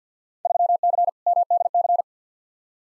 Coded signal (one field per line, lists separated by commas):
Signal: Morse code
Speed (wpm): 50 wpm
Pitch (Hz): 700 Hz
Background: none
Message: 3C MDC